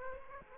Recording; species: mosquito wingbeat signal from an infrared sensor; Aedes aegypti